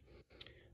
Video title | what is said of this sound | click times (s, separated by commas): Panamericana GL550 Grill Install | or 6 little spots. It just snaps back in. | 0.4 s, 0.5 s